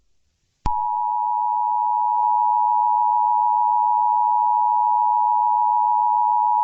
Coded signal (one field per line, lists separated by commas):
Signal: Emergency Alert System (SAME) tones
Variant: 853 and 960 Hz attention tone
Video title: Eas Scenario - Deedo Invasion 2